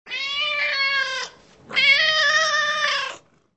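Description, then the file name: Cat meowing: two long, drawn-out meows, the second slightly longer, separated by a short pause, with nothing else audible. "kat"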